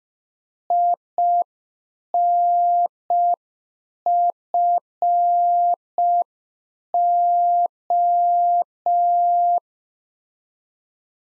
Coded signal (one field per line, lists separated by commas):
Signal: Morse code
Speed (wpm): 5 wpm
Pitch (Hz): 700 Hz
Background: none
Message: INFO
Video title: Practice QSO - Exchange 3- More Info - 5wpm